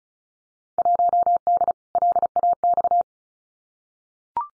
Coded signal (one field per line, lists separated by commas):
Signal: Morse code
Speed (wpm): 34 wpm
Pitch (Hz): 700 Hz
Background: none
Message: 1D LAX